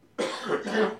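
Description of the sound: A sudden, harsh, two-part cough from an adult man, with a rough, forceful burst of air; the cough has persisted for months and his voice is slightly rough.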